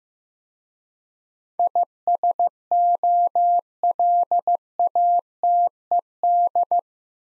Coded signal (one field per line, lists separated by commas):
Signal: Morse code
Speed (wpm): 15 wpm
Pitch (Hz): 700 Hz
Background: none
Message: ISOLATED